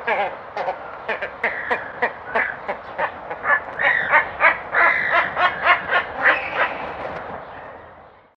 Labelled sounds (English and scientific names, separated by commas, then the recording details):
American White Ibis (Eudocimus albus)
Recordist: Tembrock, Günter
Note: Lautfolgen